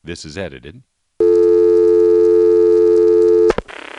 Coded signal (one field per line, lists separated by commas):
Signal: telephone call progress tone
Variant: North America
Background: speech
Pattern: dial tone